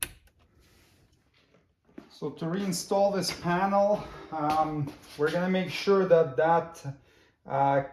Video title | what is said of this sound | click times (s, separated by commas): 2021-2026 Toyota Sienna Front Door Check Strap Limiter Removal And Installation Instructions | We'll follow their sequence, and then we'll plug the connector in until it clicks. | 0.0 s